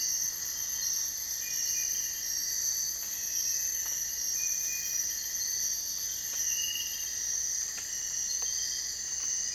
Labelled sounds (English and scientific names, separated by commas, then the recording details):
none
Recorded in dense forest near Puerto Asís, Putumayo, Colombia, on 23 June 2025 at 04:00
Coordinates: 0.468, -76.322
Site GP03